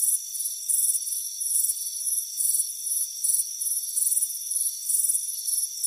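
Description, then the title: Crickets chirping in quick, bright pulses of varying length, backed by a steady high insect buzz. Warm afternoon on a front porch. "Soothing Crickets Chirping Sound"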